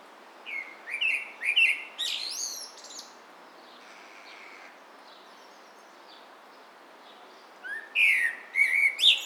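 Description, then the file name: Common blackbird giving two bouts of rapid, squeaky twittering notes, the first early and the second near the end, separated by a quieter stretch with faint hiss. "Turdus merula"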